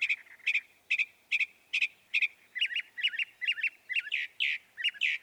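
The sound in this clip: Northern mockingbird repeating a short chirp about twice a second, then switching to a slightly different looping chirp repeated at the same pace.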